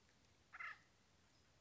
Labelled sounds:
Acorn Woodpecker
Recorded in Sonoma County, California

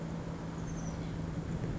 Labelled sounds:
Oak Titmouse
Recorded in Sonoma County, California

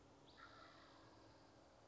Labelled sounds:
Wild Turkey
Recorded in Sonoma County, California

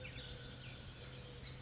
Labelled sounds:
Mourning Dove
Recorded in Sonoma County, California

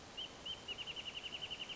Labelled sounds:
Wrentit
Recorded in Sonoma County, California

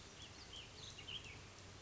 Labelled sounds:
White-breasted Nuthatch
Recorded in Sonoma County, California

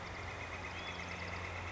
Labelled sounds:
Northern Flicker
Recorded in Sonoma County, California

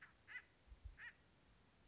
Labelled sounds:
Acorn Woodpecker
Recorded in Sonoma County, California

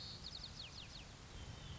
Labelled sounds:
White-crowned Sparrow
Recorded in Sonoma County, California

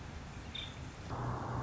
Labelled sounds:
Nuttall's Woodpecker
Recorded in Sonoma County, California

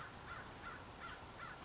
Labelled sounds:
American Crow
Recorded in Sonoma County, California

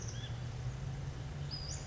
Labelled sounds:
Western Flycatcher
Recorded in Sonoma County, California

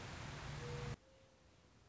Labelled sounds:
Mourning Dove
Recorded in Sonoma County, California

